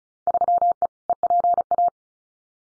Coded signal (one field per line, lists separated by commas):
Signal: Morse code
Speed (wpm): 34 wpm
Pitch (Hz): 700 Hz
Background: none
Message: 3E EPA